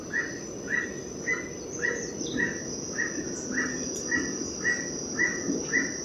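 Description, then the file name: Emerald toucanet repeating dry croaked notes at an even pace, roughly two per second, against a continuous high insect whine. "aulacorhynchus prasinus"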